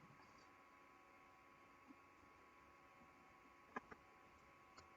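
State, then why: Seated. A plastic building brick is pressed onto another brick on a fountain model under a steady low hiss. Two sharp clicks come at 3.8 s and 3.9 s as the brick seats into place, followed by a fainter tick near 4.8 s.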